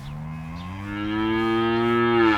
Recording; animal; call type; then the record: contact call of a hoofed animal; cattle; low-frequency (closed-mouth) or high-frequency (open-mouth) call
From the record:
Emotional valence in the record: negative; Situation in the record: full separation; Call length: 2.4 s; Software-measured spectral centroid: 1580 Hz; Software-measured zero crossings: 1270 a second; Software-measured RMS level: -23 dBFS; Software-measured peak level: -8 dBFS